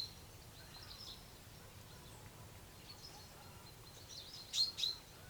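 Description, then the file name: Common chaffinch calls: two short, sharp high notes close together near the end, over a steady faint background hiss. "Fringilla coelebs"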